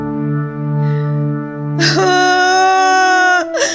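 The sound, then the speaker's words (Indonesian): A child cries loudly over a pet koi fish that has died: a low, moaning sob rises into a long, piercing wail held for over a second, followed by a brief final cry. “menangis semakin keras.”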